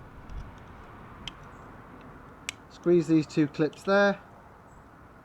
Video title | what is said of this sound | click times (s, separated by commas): Citroen C1 High Level Brake Bulb - C1 Third Brake Light Removal | poussez-le vers le bas à chaque extrémité et le centre se clipsera. | 1.3 s, 2.5 s